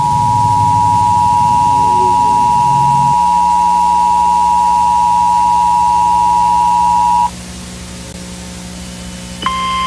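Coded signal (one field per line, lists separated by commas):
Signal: Emergency Alert System (SAME) tones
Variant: 853 and 960 Hz attention tone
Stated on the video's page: Fictional analog-horror EAS scenario made with Audacity and text-to-speech narration.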